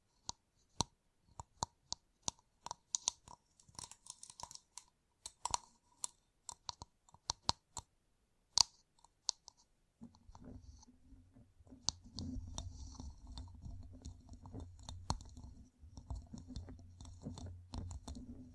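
Gem-covered fingertips tap in sharp, bright clicks, spaced irregularly at a few per second for the first ten seconds. After that the taps give way to a steady, dense scratching with a low rough rumble underneath and faint crisp crackles above, plus an occasional click.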